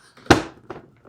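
Fingers lift under the other side of the plastic hood cover on a Can-Am Outlander ATV until its clip lets go. A sharp, loud snap at 0.3 s marks the clip popping loose, followed by a softer knock at 0.7 s and a faint tick near 1.1 s. The hood cover is released.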